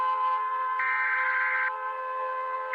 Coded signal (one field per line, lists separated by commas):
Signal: Emergency Alert System (SAME) tones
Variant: header bursts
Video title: All British eas alarms